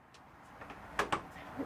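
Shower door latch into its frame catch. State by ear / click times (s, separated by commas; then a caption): seated / 1.0 s, 1.1 s. The shower door of a 2024 Jayco Jay Feather Micro 171BH RV is pulled to the left until its latch catches in the frame catch and locks closed. Two sharp knocks are heard at 1.0 s and 1.1 s over faint background noise. The latch seats and the door locks in place.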